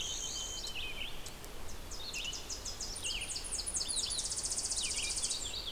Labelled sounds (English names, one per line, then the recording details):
Red-eyed Vireo song
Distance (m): 65 m
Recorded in boreal forest in Alberta, Canada, on 6 June 2016 at 08:33
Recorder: SongMeter 3, array SBT-3-51
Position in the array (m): 140 m, 81 m